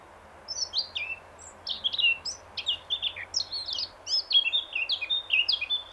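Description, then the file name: Eurasian blackcap delivering a long, steady stream of varied warbled and whistled notes, fast and jumbled, with no pauses. "Sylvia atricapilla"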